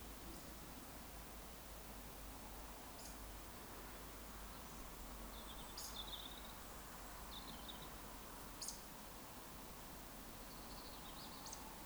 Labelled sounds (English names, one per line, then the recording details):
Eurasian Woodcock whistle
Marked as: whistle, whistle, whistle, whistle, whistle
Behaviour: display flight
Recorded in Baden-Württemberg, Germany, on 18 June 2021 at 19:24 UTC
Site 49334, 1074 m above sea level